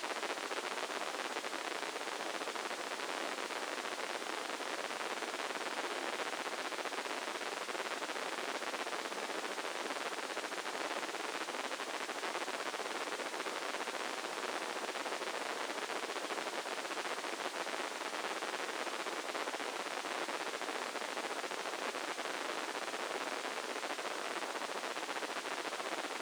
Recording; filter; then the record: brain microelectrode recording played as sound; spike band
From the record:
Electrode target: subthalamic nucleus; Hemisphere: left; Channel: 1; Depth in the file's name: 2.977 mm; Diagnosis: Parkinson's disease